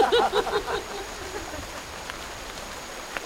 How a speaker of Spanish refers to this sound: ¡Además llueve! La Pachamama está contenta.